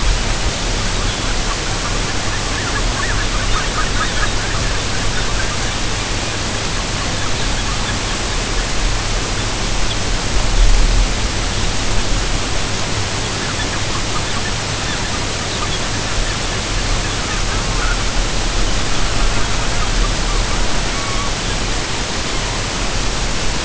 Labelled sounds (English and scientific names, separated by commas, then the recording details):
unidentified sound, Lapland Longspur (Calcarius lapponicus), Long-tailed Duck (Clangula hyemalis)
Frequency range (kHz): Lapland Longspur (Calcarius lapponicus) 3.0-4.4 kHz
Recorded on Arctic tundra, site UTQI-5, on 25 June 2018
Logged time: 10:00